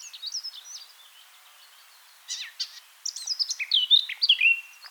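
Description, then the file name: Eurasian blackcap song, quieter and partly broken: soft scattered twitters, a pause, then a livelier burst of fluty warbling against faint background hiss. "Sylvia atricapilla"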